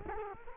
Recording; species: mosquito wingbeat signal from an infrared sensor; Culex quinquefasciatus